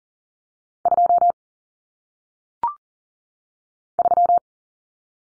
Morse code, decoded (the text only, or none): 2 3